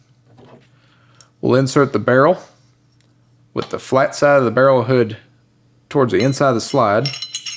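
A pistol barrel is being inserted into the slide, flat side of the barrel hood toward the inside of the slide, while someone talks. Only faint handling ticks are heard between the speech. Nothing has seated or clicked yet.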